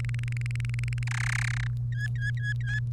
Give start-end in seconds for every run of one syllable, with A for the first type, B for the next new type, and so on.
0.00-1.03 A, 1.07-1.67 B, 1.92-2.80 C